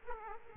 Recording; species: mosquito wingbeat signal from an infrared sensor; Aedes aegypti